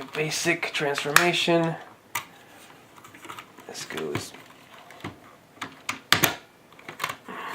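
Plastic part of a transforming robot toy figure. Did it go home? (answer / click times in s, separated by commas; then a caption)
yes / 6.1 s. Someone talks at the start while transforming a plastic Transformers G2 Megatron robot figure in tank mode, followed by scattered small plastic clicks and handling noises. A part of the figure is moved into position and snaps into place with a loud, sharp plastic click at 6.1 s, seating it.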